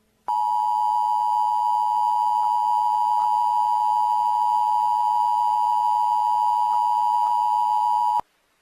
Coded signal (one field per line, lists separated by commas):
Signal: Emergency Alert System (SAME) tones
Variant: 853 and 960 Hz attention tone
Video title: Tornado Warning EAS: Valley, Nebraska